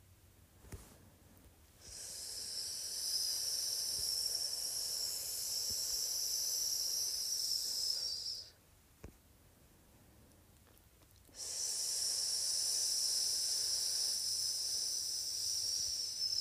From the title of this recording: ASMR Sssss Sound